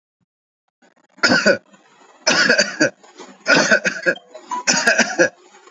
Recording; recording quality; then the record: heavy voluntary cough; moderate, slight background noise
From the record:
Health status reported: healthy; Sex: male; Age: 25 years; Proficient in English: yes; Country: India